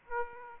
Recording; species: mosquito wingbeat signal from an infrared sensor; Aedes aegypti